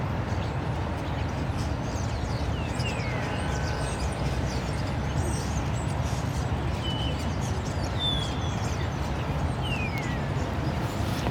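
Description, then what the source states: Common starlings call with brief downslurred and upswept whistles and faint clicks, set against a continuous hum of traffic. Starlings in plane trees at Porte de Ninove, Molenbeek-Saint-Jean, Brussels, Belgium; cars also heard; recorded with Lom mikroUši Pro microphones into a Zoom F3.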